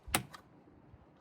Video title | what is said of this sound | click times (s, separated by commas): Changing the Wiper Stalk on my E46 | Nice click, that's good. | 0.1 s